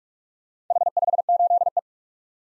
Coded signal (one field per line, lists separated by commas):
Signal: Morse code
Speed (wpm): 46 wpm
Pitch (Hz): 700 Hz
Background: none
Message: H58E